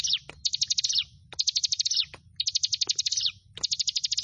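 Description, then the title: Prinia song: rapid, high, buzzy trilled phrases under a second long, repeated about once a second, over a low steady rumble. "Ciblek Sawah"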